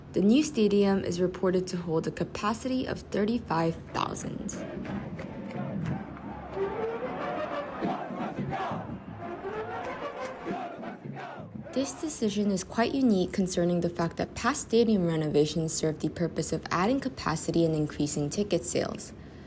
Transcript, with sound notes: THE NEW STADIUM IS REPORTED TO HOLD A CAPACITY OF 35,000. [fans cheering at Ryan Field] THIS DECISION IS QUITE UNIQUE, CONCERNING THE FACT THAT PAST STADIUM RENOVATIONS SERVED THE PURPOSE OF ADDING CAPACITY AND INCREASING TICKET SALES.